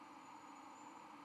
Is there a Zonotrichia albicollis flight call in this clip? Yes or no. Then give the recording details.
no. No flight call is heard. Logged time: 04:55 on 13 November 2014